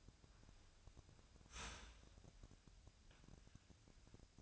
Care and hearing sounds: daily activity, microphone in the room; start toaster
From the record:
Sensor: 2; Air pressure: 1001.8 hPa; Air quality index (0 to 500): 245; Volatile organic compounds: 37 ppm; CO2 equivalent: 3091 ppm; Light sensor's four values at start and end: 9/30/12/11 and 9/30/12/11

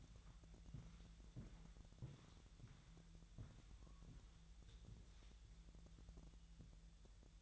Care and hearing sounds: daily activity, microphone in the room; walk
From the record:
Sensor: 3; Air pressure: 1002.0 hPa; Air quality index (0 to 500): 241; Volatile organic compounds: 108 ppm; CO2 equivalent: 3803 ppm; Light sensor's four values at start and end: 8/20/8/8 and 8/19/8/8

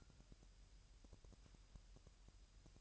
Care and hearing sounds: daily activity, microphone in the room; take from stove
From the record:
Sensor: 2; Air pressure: 1001.8 hPa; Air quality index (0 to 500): 246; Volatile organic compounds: 35 ppm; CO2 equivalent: 3058 ppm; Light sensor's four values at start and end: 5/11/4/5 and 5/11/4/5

